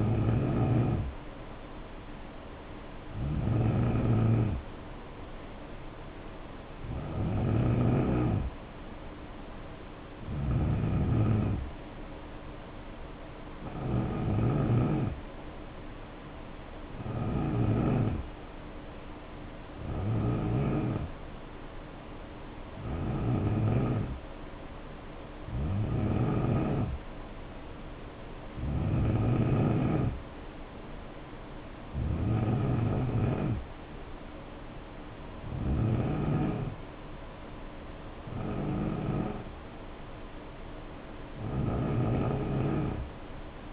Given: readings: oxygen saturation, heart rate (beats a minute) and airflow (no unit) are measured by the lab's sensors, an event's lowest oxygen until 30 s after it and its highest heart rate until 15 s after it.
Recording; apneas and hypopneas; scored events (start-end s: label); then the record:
breathing in sleep by a voice recorder at the bedside; none
none scored
From the record:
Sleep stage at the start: N3 (deep sleep); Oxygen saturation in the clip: 88 to 93%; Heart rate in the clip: 64 to 73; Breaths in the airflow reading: 14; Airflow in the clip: -5.4 to 3.0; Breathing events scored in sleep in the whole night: 520 in 7.2 hours asleep